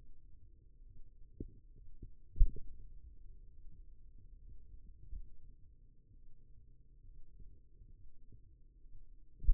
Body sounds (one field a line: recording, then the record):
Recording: forearm muscle sounds (acoustic myography)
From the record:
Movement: finger pinch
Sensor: system 2, bracelet of six BSWA MPA416 microphones around the upper forearm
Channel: 3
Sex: male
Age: 22 years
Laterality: right